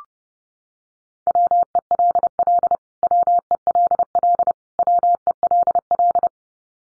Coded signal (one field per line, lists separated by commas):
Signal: Morse code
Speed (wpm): 28 wpm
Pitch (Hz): 700 Hz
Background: none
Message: WELL WELL WELL